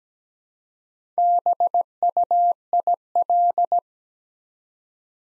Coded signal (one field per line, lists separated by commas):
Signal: Morse code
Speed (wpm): 17 wpm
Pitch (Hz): 700 Hz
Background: none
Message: BUIL